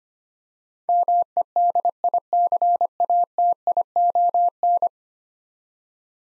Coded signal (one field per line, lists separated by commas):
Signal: Morse code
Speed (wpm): 25 wpm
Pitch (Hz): 700 Hz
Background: none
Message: MEDICATION